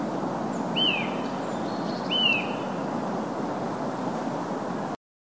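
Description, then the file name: Eurasian nuthatch uttering two separate downward-slurred whistled calls over a continuous hiss of background noise, ending in silence. "Sitta europaea"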